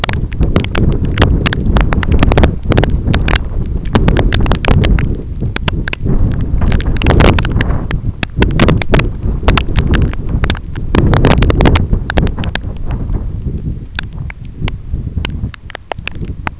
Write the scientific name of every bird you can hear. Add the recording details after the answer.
none. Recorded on Arctic tundra, site EABA-1, on 25 June 2018. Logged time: 06:00